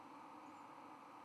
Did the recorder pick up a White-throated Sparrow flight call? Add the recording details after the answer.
no. Another species' flight call is heard. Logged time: 03:24 on 31 October 2014